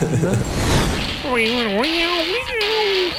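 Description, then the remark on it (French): On 89.1 FM campus radio in Trois-Rivières, after a brief burst of rough noise, a voice imitates a cat with one long, wavering meow that slides up and down in pitch for nearly two seconds. “Et de chat.”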